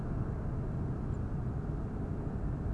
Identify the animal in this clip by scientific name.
Turdus philomelos